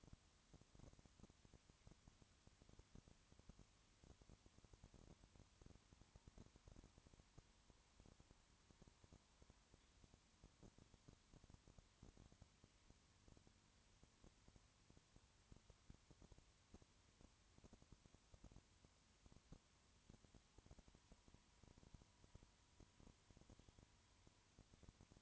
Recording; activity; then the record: daily activity, microphone in the room; no activity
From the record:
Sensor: 3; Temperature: 20.5 degrees Celsius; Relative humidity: 34.6%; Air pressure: 1001.0 hPa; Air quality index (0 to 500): 195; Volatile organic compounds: 6 ppm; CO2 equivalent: 1858 ppm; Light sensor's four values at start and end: 2/3/2/2 and 2/3/2/2